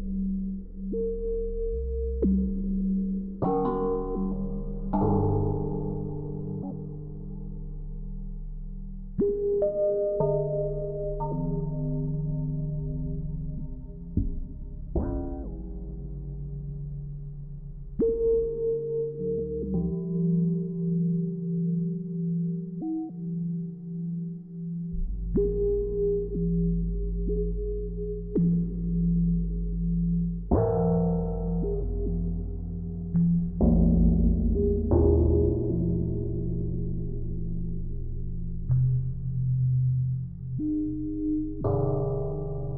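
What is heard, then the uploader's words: Everyday metal objects and vessels are struck one at a time, each hit ringing out and fading slowly. The blows come every few seconds, some bright and sharp, others deep and humming like a bowl or lid. The hum of earlier strikes lingers beneath each new one. Individual sounds of everyday objects like saucepan lids, wine glasses, tools and implements, vessels and containers. I strike the object once with something, perhaps a chopstick with a rubber band wound around one end, a wooden spoon or something else to hand, and record the sound it makes.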